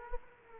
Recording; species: mosquito wingbeat signal from an infrared sensor; Aedes aegypti